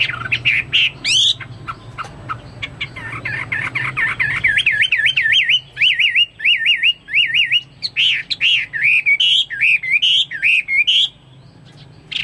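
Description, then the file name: Chinese hwamei singing: scratchy notes lead into repeated wavering, warbled whistles, then more varied loud phrases. "omkicau hwamei"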